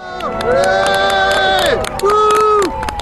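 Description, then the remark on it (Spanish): A crowd at Canberra airport in Australia shouts and cheers loudly in welcome as Julian Assange arrives, with sustained rising and falling voices overlapping in a continuous roar, punctuated by sharp bursts of noise throughout. “Gritos de bienvenida a Julian Assange a su llegada a Australia.”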